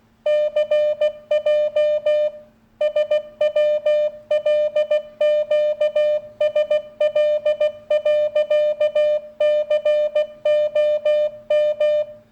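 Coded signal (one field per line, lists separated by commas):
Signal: Morse code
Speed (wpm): 16 wpm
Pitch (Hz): 600 Hz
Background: none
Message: CJ SWLQSL.COM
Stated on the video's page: Morse sent via software without knowing the code; first tested over CB radio, reaching about 1.5 miles line of sight.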